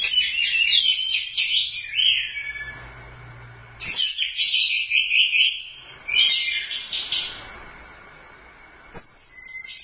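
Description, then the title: Thrush song in four bursts of fast, twittering notes and trills, separated by short silences, the last a high whistled phrase. "burung anis x"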